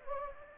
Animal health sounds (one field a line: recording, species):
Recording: mosquito wingbeat signal from an infrared sensor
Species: Anopheles gambiae